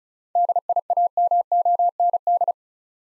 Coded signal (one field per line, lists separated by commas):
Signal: Morse code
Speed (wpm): 36 wpm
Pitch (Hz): 700 Hz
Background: none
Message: DIAMOND